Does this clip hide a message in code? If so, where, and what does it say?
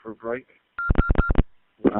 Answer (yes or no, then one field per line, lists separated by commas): no